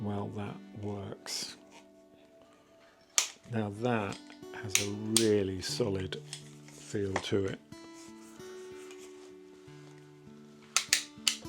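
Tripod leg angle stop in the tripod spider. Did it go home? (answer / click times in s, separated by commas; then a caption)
yes / 10.8 s, 10.9 s, 11.3 s. Someone talks over background music while moving a tripod's legs through their angle-lock positions at the tripod spider. Three short, sharp clicks come at 10.8, 10.9 and 11.3 s as the leg angle stops click into position, seated firmly.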